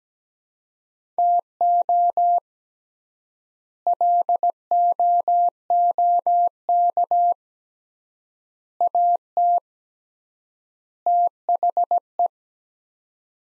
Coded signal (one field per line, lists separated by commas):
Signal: Morse code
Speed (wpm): 17 wpm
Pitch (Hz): 700 Hz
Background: none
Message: TO LOOK AT THE